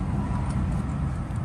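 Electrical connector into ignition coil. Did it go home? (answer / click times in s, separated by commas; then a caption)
no / none. A second electrical connector is being pushed onto its ignition coil on a 2017 Subaru Outback during spark plug replacement. Only a steady low rumble and broadband noise are heard, with no sharp transients. The connector has not seated or clicked yet.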